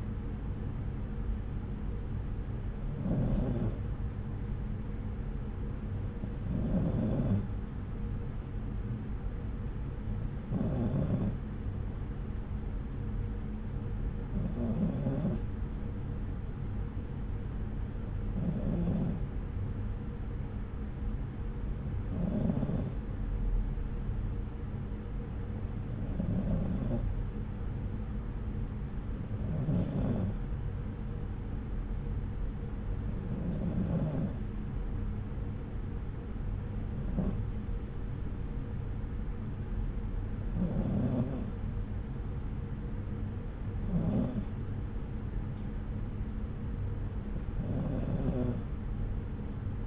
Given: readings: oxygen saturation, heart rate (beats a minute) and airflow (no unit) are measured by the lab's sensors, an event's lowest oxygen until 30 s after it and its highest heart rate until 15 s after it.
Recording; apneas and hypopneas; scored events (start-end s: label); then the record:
breathing in sleep by a smartphone at the bedside; none
none scored
From the record:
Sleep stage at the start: N2 (light sleep); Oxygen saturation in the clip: 93%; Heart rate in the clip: 64 to 69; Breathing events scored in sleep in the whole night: 303 in 8.1 hours asleep